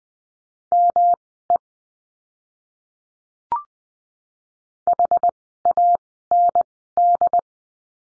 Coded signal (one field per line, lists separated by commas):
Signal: Morse code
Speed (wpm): 20 wpm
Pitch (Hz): 700 Hz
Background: none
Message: ME HAND